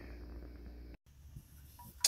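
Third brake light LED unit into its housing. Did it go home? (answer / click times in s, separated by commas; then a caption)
yes / 2.0 s. An aftermarket eBay LED third brake light unit for an Infiniti G35 coupe is pushed into its plastic housing. A low steady rumble gives way to a short silent gap near 1.0 s, then quiet handling noises. A sharp, loud click at 2.1 s marks the unit snapping into place, fully seated.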